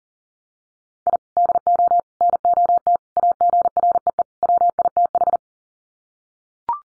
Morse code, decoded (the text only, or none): I DO NOT AGREE WITH